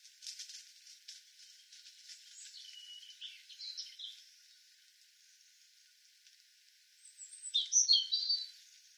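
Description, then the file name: European robin song, high thin notes and warbles scattered early, then a brighter sparkling phrase near the end, over a soft crackling background. "Erithacus rubecula"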